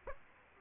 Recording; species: mosquito wingbeat signal from an infrared sensor; Aedes aegypti